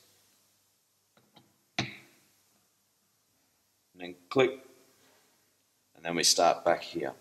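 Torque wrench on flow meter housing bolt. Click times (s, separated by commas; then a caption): 1.8 s. A torque wrench tightens a bolt on a Macnaught MX Series flow meter housing, working through all eight bolts in a crisscross pattern. After a couple of faint ticks, the wrench gives a loud, sharp click at 1.8 s as it reaches its torque setting. Someone then talks.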